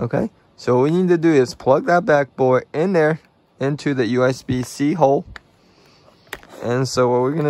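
Someone talks while plugging the board back into the hotspot's USB-C port. A sharp click at 6.3 s marks the USB-C connector seating, followed by a faint second tick, and then the talking continues.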